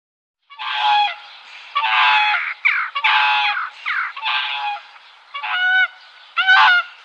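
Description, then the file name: Whooper swan calling with loud, brassy trumpeting honks in quick bursts with short gaps between them. "Sangsvan"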